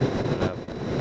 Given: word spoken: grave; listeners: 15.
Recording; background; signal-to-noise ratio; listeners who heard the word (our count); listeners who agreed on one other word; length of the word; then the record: one Spanish word in noise, from a listening test; noise modulated by three-talker babble; -7.8 dB; 2 of 15; 8 of 15; 0.61 s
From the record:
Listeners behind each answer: 8, 2, 1, 1, 1, 1, 1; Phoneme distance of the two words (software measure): 27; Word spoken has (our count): 2 syllables, 5 phonemes, stress on syllable 1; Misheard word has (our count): 2 syllables, 4 phonemes, stress on syllable 1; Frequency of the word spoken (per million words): 85.13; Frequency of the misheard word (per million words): 6.85